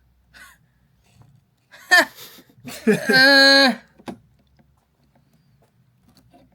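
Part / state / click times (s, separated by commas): memory stick into motherboard DIMM slot / not seated / none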